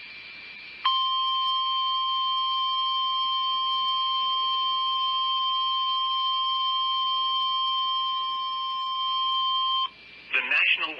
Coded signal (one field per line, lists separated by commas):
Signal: Emergency Alert System (SAME) tones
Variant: 1050 Hz attention tone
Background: speech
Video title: TOR Here, TOR There.... EAS Alerts from 11/26/19 (EAS #172-179)